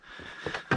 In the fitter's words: whole unit just snaps right in